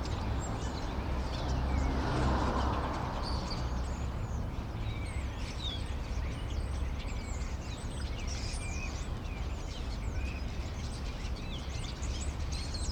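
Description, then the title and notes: Common starlings give rapid overlapping whistles and clicks, while a passing vehicle swells and fades early on over the low city rumble. Several starlings perched on a crane in an inner courtyard at Rue Tasson-Snel 9, Saint-Gilles, Belgium; recorded with a Sony PCM-M10. "Rue Tasson-Snel 9, 1060 Saint-Gilles, Belgique - Étourneaux - Starlings. Étourneaux sur une grue, intérieur dîlot. Starlings on a crane, Inner courtyard"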